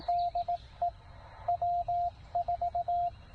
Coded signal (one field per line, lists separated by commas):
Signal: Morse code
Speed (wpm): 18 wpm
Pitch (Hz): 700 Hz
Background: radio noise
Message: DE W4